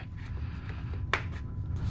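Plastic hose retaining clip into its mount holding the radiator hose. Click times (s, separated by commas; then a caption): 1.1 s. Under a 2007–2013 R56 MINI Cooper S, the small plastic retaining clip that holds the radiator hose, removed earlier for the intake muffler job, is pressed back into its mount. Over a steady low rumble and a faint tick near 0.7 s, one sharp snap rings out at 1.1 s as the clip seats in place.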